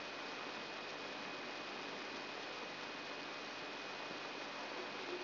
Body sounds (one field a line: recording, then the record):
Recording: brain microelectrode recording played as sound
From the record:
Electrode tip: inside the subthalamic nucleus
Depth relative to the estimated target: 2 mm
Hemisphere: right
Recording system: AlphaMap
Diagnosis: Parkinson's disease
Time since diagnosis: 11 years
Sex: female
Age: 62 years